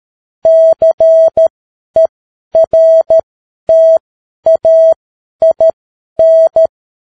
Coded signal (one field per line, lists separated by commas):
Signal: Morse code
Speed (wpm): 13 wpm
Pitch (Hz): 650 Hz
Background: none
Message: CERTAIN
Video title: Morse Code 10 WPM: The Science of Getting Rich - Chapter 2